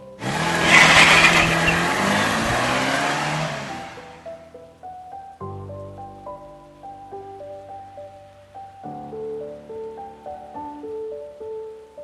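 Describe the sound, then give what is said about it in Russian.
A taxi pulls away abruptly from a stop with a loud rushing, hissing engine noise that fades out over about four seconds, followed by gentle melodic music playing on its own. “И резко подтянув на себя дверь, трогает с места.”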